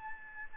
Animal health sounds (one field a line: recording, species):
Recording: mosquito wingbeat signal from an infrared sensor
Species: Aedes albopictus